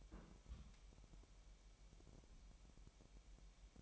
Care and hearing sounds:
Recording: daily activity, microphone in the room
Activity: place on stove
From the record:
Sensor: 1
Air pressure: 1002.0 hPa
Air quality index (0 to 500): 246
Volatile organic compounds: 50 ppm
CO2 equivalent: 3297 ppm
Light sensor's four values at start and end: 6/13/5/6 and 5/13/5/6

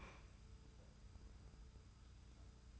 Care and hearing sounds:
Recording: daily activity, microphone in the room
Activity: open fridge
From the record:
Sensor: 2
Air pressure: 990.9 hPa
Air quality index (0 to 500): 127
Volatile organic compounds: 120 ppm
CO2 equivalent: 3876 ppm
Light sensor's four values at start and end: 21/50/20/20 and 21/50/20/20

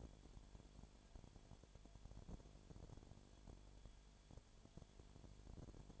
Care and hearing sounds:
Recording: daily activity, microphone in the room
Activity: no activity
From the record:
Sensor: 5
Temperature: 20.0 degrees Celsius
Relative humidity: 37.1%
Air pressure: 1007.4 hPa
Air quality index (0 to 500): 84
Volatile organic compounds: 1 ppm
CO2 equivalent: 955 ppm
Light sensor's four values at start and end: 2/3/1/1 and 2/3/1/1

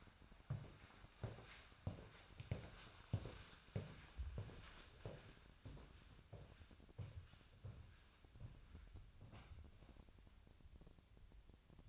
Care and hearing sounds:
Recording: daily activity, microphone in the room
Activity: walk to room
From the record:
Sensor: 2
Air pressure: 1010.0 hPa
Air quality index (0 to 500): 170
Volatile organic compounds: 8 ppm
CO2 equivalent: 2124 ppm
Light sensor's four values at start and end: 34/84/36/40 and 34/85/37/41

